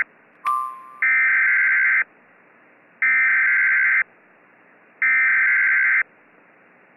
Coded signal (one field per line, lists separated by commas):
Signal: Emergency Alert System (SAME) tones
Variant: header bursts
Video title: (Double header!) Tornado warning and special marine warning (EAS 23-24)